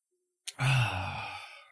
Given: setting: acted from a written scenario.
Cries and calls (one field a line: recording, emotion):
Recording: vocal sound without words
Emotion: awe